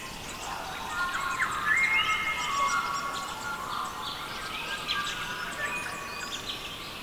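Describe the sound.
Several birds sing at once, mixing sweet whistled phrases, quick chirps and rising slurs, over a constant hiss.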